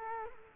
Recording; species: mosquito wingbeat signal from an infrared sensor; Culex quinquefasciatus